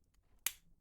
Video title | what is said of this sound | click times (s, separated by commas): Transformers - Age of the Primes - Deluxe Class Solus Prime Review | that little click there, | 0.5 s